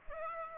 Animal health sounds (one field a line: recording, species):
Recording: mosquito wingbeat signal from an infrared sensor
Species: Aedes aegypti